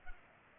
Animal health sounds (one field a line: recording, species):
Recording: mosquito wingbeat signal from an infrared sensor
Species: Culex pipiens